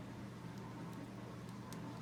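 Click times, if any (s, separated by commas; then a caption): none. A small tungsten weight is pushed with the tip of a clicky pen toward a cavity in a Zippy extension spacer for an LDY Orion v1.5 butterfly knife. Steady low hum and broadband noise run throughout, with a faint brief tick near 1.7 s. Nothing has snapped into place or seated yet.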